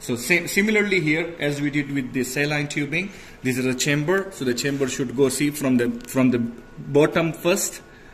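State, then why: Not seated. A man talks while the contrast drip chamber of a tubing set is handled the same way as the saline tubing, guided bottom first toward its holder on a power injector. Only speech is heard across the 8.2 seconds. The chamber has not yet seated or clicked into the holder when the clip ends.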